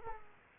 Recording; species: mosquito wingbeat signal from an infrared sensor; Culex quinquefasciatus